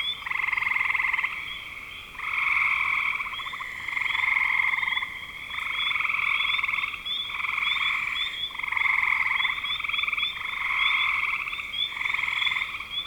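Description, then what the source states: Frog chorus of rattling, pulsed trills repeating roughly every one to two seconds, with quick upward chirps scattered above the main buzzing. Frogs calling in spring 2025.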